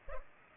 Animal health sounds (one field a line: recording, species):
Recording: mosquito wingbeat signal from an infrared sensor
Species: Culex pipiens